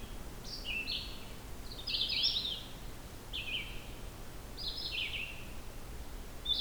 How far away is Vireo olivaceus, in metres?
about 30 m